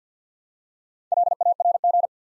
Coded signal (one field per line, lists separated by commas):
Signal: Morse code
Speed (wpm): 48 wpm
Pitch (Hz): 700 Hz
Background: none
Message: LARG